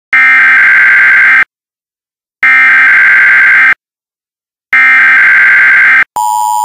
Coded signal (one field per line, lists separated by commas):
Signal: Emergency Alert System (SAME) tones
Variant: header bursts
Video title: EAS Child Abduction Emergency Mock-Up